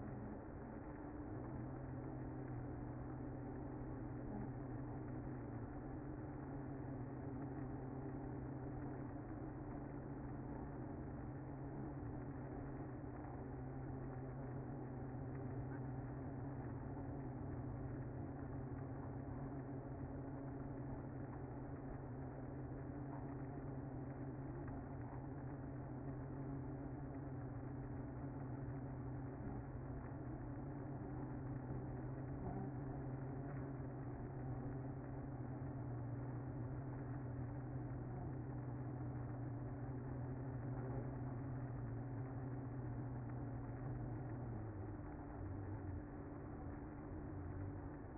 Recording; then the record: honeybee colony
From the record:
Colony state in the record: active